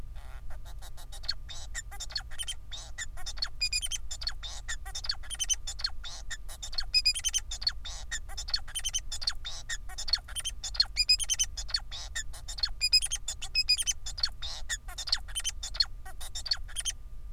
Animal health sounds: song of a male Bengalese finch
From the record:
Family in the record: son of father 4

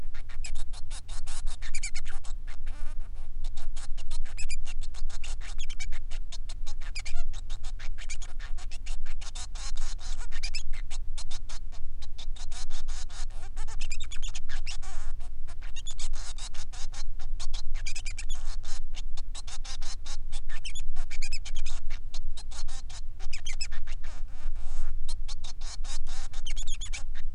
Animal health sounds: song of a male Bengalese finch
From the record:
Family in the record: son of father 3

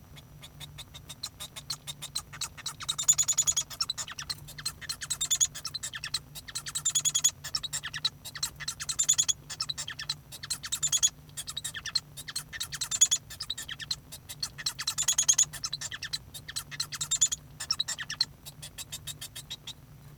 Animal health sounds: song of a male Bengalese finch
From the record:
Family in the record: son of father 1

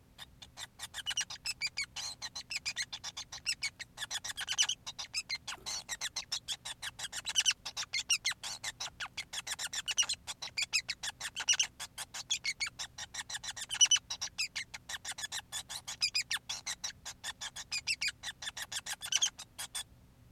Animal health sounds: song of a male Bengalese finch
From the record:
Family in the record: son of father 5

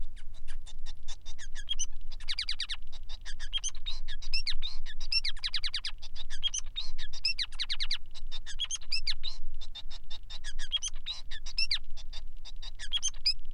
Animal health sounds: song of a male Bengalese finch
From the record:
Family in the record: son of father 5

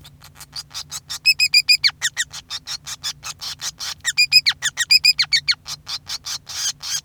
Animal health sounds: song of a male Bengalese finch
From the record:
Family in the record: son of father 5

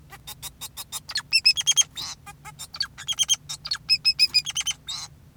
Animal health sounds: song of a male Bengalese finch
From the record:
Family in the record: son of father 2, and himself father 4

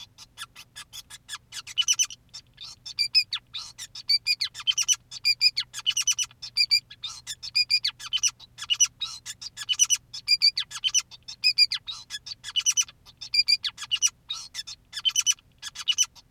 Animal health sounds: song of a male Bengalese finch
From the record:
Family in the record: son of father 2, and himself father 5

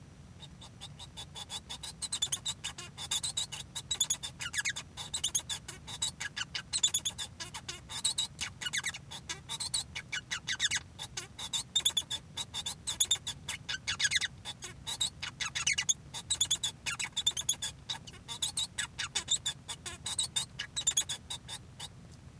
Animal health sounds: song of a male Bengalese finch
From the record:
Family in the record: son of father 1

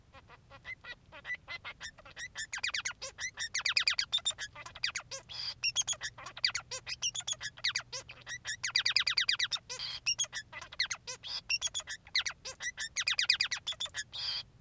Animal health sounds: song of a male Bengalese finch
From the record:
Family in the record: son of father 3

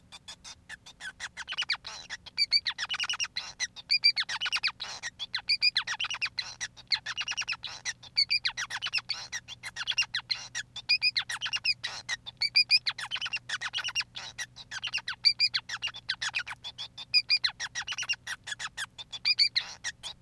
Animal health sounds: song of a male Bengalese finch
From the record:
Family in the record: son of father 5

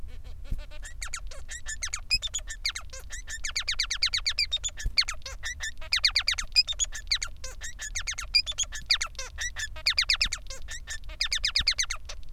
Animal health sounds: song of a male Bengalese finch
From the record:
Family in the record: son of father 3

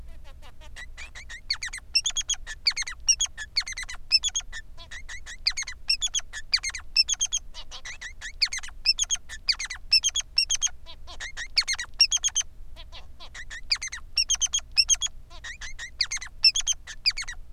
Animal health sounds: song of a male Bengalese finch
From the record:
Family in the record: son of father 3

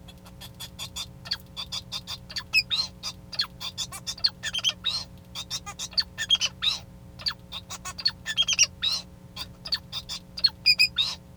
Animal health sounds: song of a male Bengalese finch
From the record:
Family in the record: son of father 2

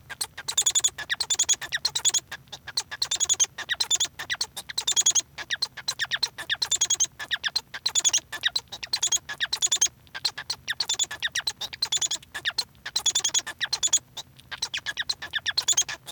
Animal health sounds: song of a male Bengalese finch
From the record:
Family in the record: son of father 1

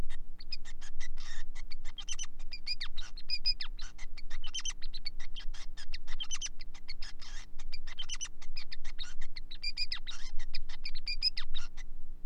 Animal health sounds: song of a male Bengalese finch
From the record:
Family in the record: son of father 5

